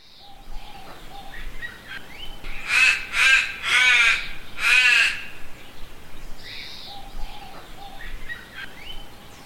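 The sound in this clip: Crow giving four hoarse, drawn-out caws in a quick burst midway, amid thin whistles and chirps before and after.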